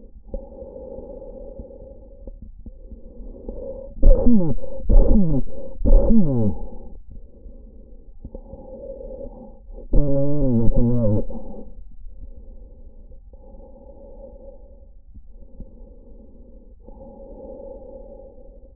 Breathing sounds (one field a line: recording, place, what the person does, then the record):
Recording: lung sounds by stethoscope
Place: trachea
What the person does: quiet breathing, then cough and speech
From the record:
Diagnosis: COPD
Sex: male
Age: 64 years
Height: 166 cm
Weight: 92.7 kg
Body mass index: 33.6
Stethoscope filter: diaphragm mode